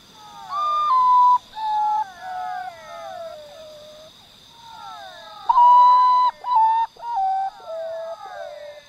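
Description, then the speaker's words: Potoo calls, a string of plaintive falling whistles with brief gaps, over a constant thin high tone in the background. Recorded at the foot of the Andes, Venezuela; eerie sounds from an arrangement of his recordings, likened to film special effects. "Manche Tiere klingen wie aus der Special Effects Abteilung beim Film, etwa der Potu, zu Deutsch Tagschläfer."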